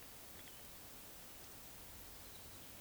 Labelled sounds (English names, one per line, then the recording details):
Eurasian Woodcock whistle
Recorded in Baden-Württemberg, Germany, on 31 May 2021 at 20:05 UTC
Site 24606, 635 m above sea level